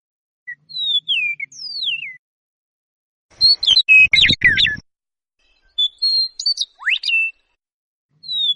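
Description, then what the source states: Eastern Meadowlark song: sweet descending whistled notes, then a loud burst of buzzy chatter and a rapid twittering phrase, with whistles starting again at the end. Song includes a metallic trill, likened to a robot.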